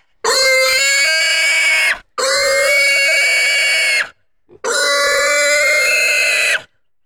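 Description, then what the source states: Pig squealing in three long, loud, harsh bursts of about two seconds each, separated by short silent gaps. Intense squeals.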